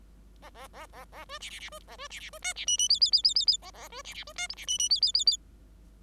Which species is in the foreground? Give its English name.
Bengalese Finch